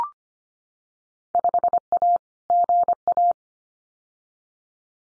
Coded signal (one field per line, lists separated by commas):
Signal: Morse code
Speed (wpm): 25 wpm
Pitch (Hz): 700 Hz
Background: none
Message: 5A GA